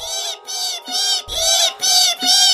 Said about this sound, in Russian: Тут зашумели широкие крылья ястреба отца, принесшего очередную порцию мяса своим детям. Ястребята заверещали, потянулись за лакомством, но мать строго их остановила.